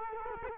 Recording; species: mosquito wingbeat signal from an infrared sensor; Culex quinquefasciatus